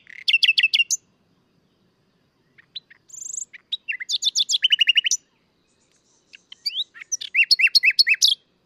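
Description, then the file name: Common nightingale song in three bursts of loud repeated notes and fast stuttering trills, separated by short silent gaps. "Luscinia megarhynchos"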